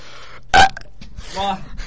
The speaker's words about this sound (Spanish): ¿Tú traes eructos, …? ¿Has traído eructos esta semana? Uno muy grande, que lo voy a reproducir ahora mismo.